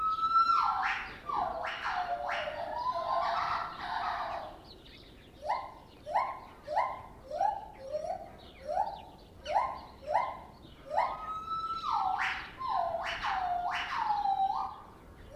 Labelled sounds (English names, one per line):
Lar Gibbon